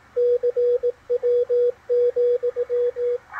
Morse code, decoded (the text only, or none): CW,